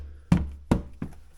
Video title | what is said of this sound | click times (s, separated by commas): 4 Runner AMAZON ~STEEL~ Rear Bumper | just like that. As simple as that. Snap, snap, snap. | 0.3 s, 0.7 s, 1.0 s